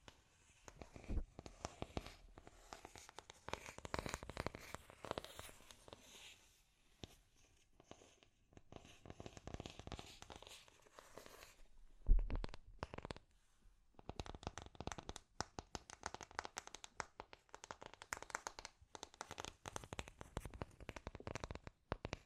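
Scratchy tapping runs almost the whole time as dense, irregular clicks and rasping scrapes, crackling like crumpled paper. A quiet gap near 13 seconds follows a sharp louder hit around 12 seconds, and the busy scratching resumes until the end.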